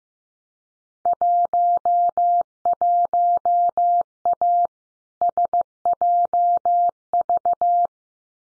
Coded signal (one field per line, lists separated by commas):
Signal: Morse code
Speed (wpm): 15 wpm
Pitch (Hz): 700 Hz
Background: none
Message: 11A SJV